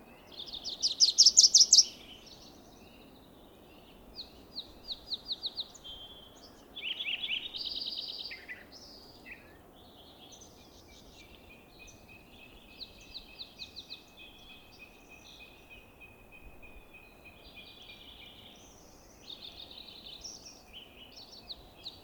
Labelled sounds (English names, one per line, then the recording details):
Wilson's Warbler song
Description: Wilson's Warbler song recorded at the Alluvial Fan in Rocky Mountain National Park
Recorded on 19 May 2016